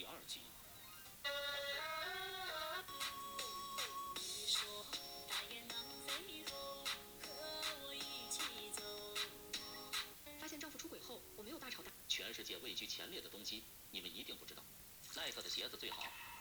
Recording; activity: daily activity, guitar pickup as the sensor; browse video